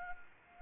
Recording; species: mosquito wingbeat signal from an infrared sensor; Anopheles arabiensis